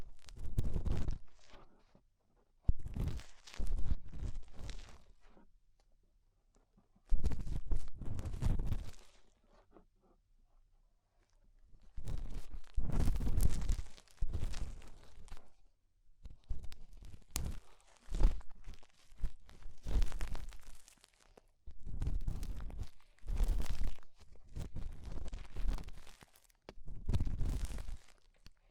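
Ear cleaning with rhinestone and clay removal: bursts of crunchy, scratchy rubbing and tearing sounds, each lasting one to three seconds. Near-silent pauses separate the bursts early on, while the second half brings denser, quicker scraping and crackling.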